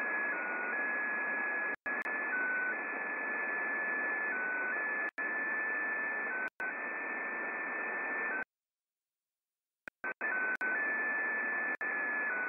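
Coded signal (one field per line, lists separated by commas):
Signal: multi-tone FSK (Olivia or MFSK type)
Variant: XPA2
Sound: steady hiss with a single tone hopping slowly between a few pitches, brief dropouts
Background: radio static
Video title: XPA2 Spy Station 13538KHZ (Data) transmission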